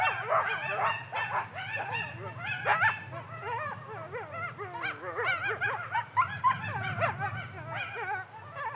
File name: yell Coyotes